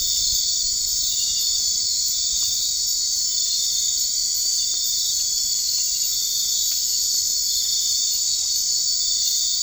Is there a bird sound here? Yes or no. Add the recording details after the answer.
no. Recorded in dense forest near Puerto Asís, Putumayo, Colombia, on 21 March 2025 at 23:30. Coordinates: 0.485, -76.318. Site G056